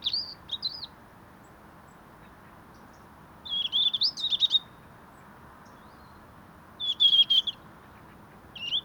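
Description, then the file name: European robin repeating high, wavering warbled phrases several times, with longer silent pauses between bursts of sweet, slurred notes. "Erithacus rubecula"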